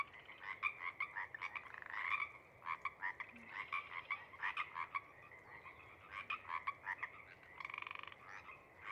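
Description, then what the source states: Pacific Chorus Frogs calling in a lively chorus, many overlapping ribbit-like croaks in quick bursts, some rapid pulsed trills, with quiet gaps between. First frogs of a pod calling tentatively around sunset after emerging from overnight burrows; cree-eek and ribbit calls; night of April 21-22, 2019, Sinlahekin Valley.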